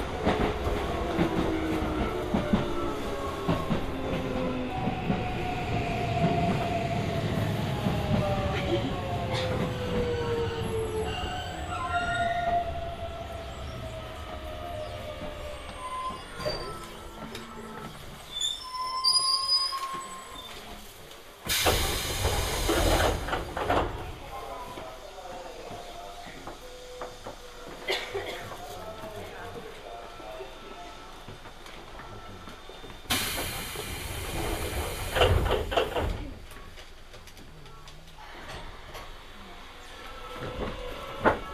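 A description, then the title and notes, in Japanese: Inside a subway train running from one line onto another, motors whine and fade, wheels rumble, and two loud noise bursts hit near 22 and 34 seconds. 耳で楽しむ鉄道旅 北総鉄道→都営浅草線 東松戸→人形町。正確には京成高砂から京成本線と京成押上線を通って都営浅草線に入ります。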